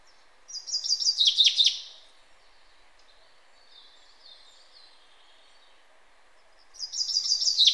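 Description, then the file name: Common chaffinch giving two song phrases of descending trills, the second cut off at the end, over a soft steady background hiss. "Fringilla coelebs"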